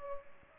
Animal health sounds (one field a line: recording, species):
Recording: mosquito wingbeat signal from an infrared sensor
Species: Culex pipiens